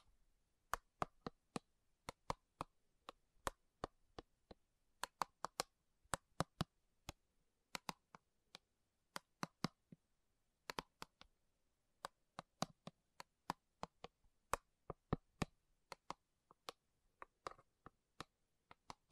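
Slow tapping on metal, a run of sharp, bright clicks that strike sparsely but unevenly, sometimes in quick pairs or clusters and sometimes with short gaps. Each tap is brief and crisp, dying away at once, with near silence between hits.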